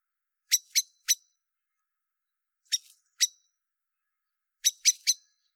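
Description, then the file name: Common blackbird calls, sharp high clicks in groups of three, two and three separated by pauses of over a second. "Turdus merula"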